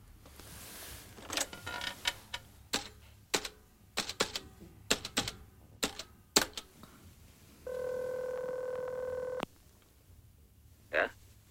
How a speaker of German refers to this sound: Da ist das Telefon. Rufen Sie Kubitz an.